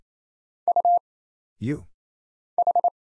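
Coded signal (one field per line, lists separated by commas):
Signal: Morse code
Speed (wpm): 27 wpm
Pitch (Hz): 700 Hz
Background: none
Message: U H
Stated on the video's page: Morse single-character drill at 28 wpm of letters, numbers, punctuation and prosigns for instant character recognition, each character sent twice.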